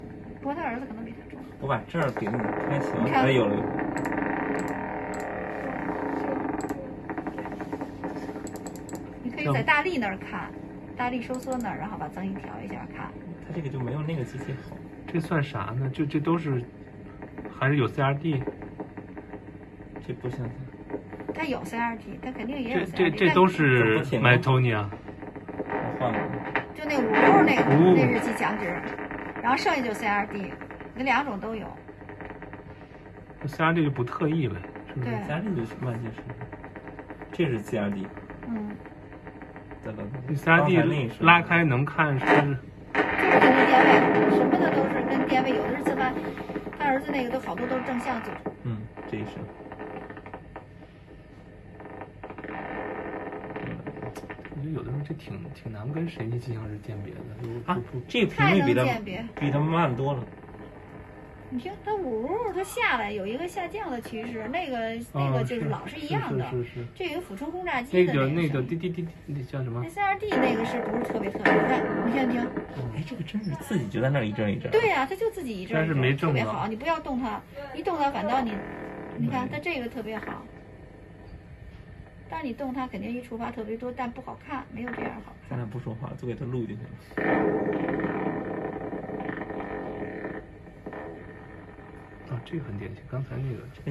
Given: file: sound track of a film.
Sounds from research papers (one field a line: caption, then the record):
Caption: EMG of the proband recorded from the left extensor digitorum communis showed complex repetitive discharges and myotonic discharges.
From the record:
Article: Coexistence of Charcot-Marie-Tooth 1A and nondystrophic myotonia due to PMP22 duplication and SCN4A pathogenic variants: a case report